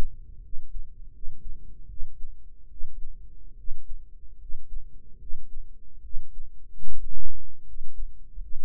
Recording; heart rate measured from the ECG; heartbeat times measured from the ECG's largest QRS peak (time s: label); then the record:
heart sounds by microphone in the right ear; 75 bpm
0.40 s: heartbeat
1.10 s: heartbeat
1.87 s: heartbeat
2.67 s: heartbeat
3.55 s: heartbeat
4.37 s: heartbeat
5.17 s: heartbeat
6.01 s: heartbeat
6.84 s: heartbeat
7.63 s: heartbeat
8.38 s: heartbeat
From the record:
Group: healthy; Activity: rest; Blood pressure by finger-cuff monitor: 100/72 mmHg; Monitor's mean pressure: 81 mmHg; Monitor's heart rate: 75 bpm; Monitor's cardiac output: 5.3 L/min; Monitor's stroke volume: 72 mL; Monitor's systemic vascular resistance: 1080 dyn s/cm5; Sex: male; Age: 21 years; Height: 170 cm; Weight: 71 kg